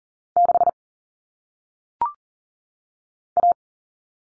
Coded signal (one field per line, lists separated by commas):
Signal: Morse code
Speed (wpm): 40 wpm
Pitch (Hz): 700 Hz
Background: none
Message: 6 A